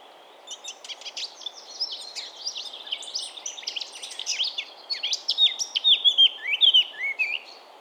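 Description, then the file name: Eurasian blackcap song: a busy, rambling warble that ends in several bright, clear fluty whistles, over steady background hiss. "Sylvia atricapilla"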